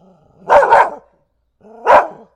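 Dog barking: a quick double bark, a pause of about a second, then one more bark, with no other sounds.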